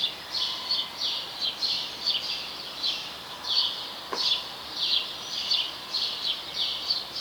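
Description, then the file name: House sparrow chirps, bright high notes repeated steadily, with a sharp click partway through and a faint steady tone beneath. "Passer domesticus"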